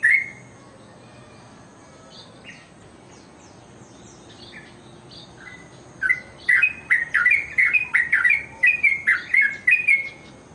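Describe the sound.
Bird gives a loud chirp, then faint scattered chirps, then after six seconds breaks into a loud, rapid run of ringing chirped notes.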